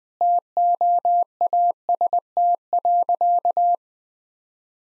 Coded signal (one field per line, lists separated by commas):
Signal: Morse code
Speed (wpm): 20 wpm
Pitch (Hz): 700 Hz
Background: none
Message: TOAST.